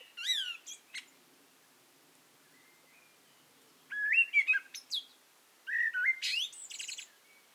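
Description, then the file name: Eurasian blackbird song: a few short high notes near the start, a long pause, then two more whistled phrases with high squeaky notes. "Turdus merula"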